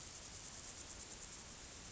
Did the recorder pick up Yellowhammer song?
no